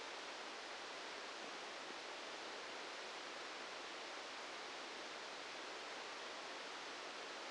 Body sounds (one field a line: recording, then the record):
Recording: brain microelectrode recording played as sound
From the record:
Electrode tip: outside the subthalamic nucleus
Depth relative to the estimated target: -6 mm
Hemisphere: left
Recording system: NeuroSet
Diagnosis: Parkinson's disease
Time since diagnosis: 7 years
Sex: male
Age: 44 years